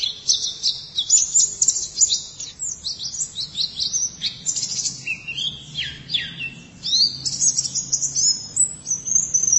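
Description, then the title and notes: White-eye song, a fast high warble of sliding, twittering notes running almost without pause, over a faint low hum. "Suara kicauan burung pleci"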